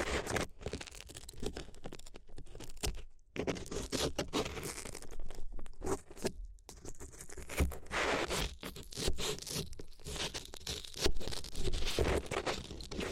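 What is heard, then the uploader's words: Paper is crinkled, scraped and rustled in dense, uneven bursts, with brief silent gaps near three and six and a half seconds. ASMR If You Had Paper Ears (No Talking).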